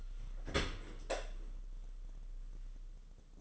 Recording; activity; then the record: daily activity, microphone in the room; open dishwasher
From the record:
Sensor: 4